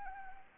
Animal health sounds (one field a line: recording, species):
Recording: mosquito wingbeat signal from an infrared sensor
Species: Anopheles arabiensis